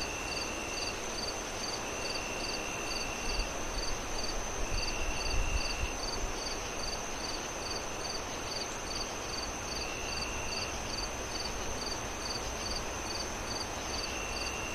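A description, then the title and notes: Crickets chirp in a fast, steady pulse over a constant rush of wind, with a bright trill rising every few seconds and low gusts. As the moon rises high in the night sky, the wind howls through the trees and the sound of crickets fills the air. The gentle chirping of crickets creates a soothing ambiance amidst the gusts of wind. Crickets Sounds On A Windy Night.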